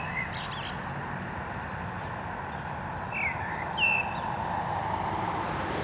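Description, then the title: Common blackbird song, two brief warbled phrases close together midway, set against steady traffic noise. Canal dike at Anderlecht, Brussels-Capital, Belgium, with car traffic; recorded using a Lom mikroUsi Pro microphone into a Zoom F3. "Digue du Canal, Anderlecht, Bruxelles-Capitale, Belgique - Blackbird and cars"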